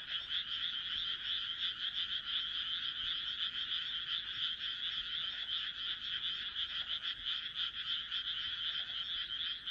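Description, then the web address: Frog chorus of many callers, a continuous pulsing rattle of croaks, steady from start to end. "kaeru kaeru"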